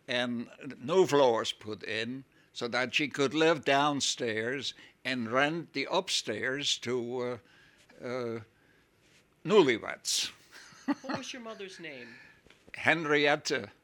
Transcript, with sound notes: and new floors put in so that she could live downstairs and rent the upstairs to newlyweds. (he laughs)
What was your mother's name?
Henrietta.